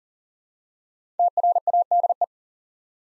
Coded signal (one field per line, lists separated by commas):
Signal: Morse code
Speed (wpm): 39 wpm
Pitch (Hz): 700 Hz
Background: none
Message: TRADE